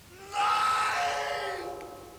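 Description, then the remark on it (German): A man lets out a single loud, sustained scream lasting over a second, raw and strained, with a harsh wavering tone that fades slightly at the end. “Ich hörte seinen Schrei.”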